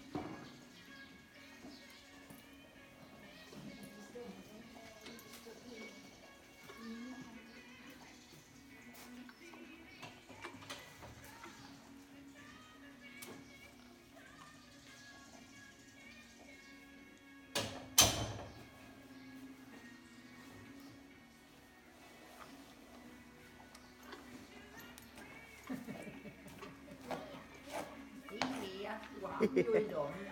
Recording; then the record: sound track of a video of a horse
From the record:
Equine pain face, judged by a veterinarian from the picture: present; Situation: after eating a carrot, before or after surgery for tooth resorption and hypercementosis (EOTRH)